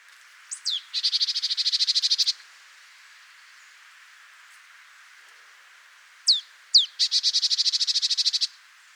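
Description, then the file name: Marsh tit calling: two sharp descending notes followed by a rapid buzzy series of many harsh nasal notes, given twice with a pause between. "Poecile palustris"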